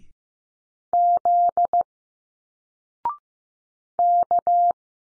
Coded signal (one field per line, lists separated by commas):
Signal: Morse code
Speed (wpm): 15 wpm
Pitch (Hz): 700 Hz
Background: none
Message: Z K